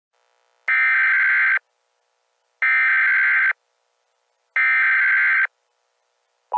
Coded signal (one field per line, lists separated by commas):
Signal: Emergency Alert System (SAME) tones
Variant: header bursts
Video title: Eas scenario: furries